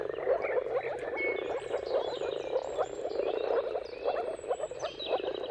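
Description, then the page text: Moor frogs call in a dense bubbling chorus, joined by a thin high whistle and birds chirping. Chorus of moor frogs giving mating calls at sunrise, at the turn of March and April, timing depending on the weather; described as a dawn chorus spectacle. "Dawn’s Chorus: Mating Calls of Marsh Frogs at Sunrise. Depending on the weather at the turn of March and April, you can witness an amazing spectacle of moor frogs. Jakub Orzecki. earth.fm"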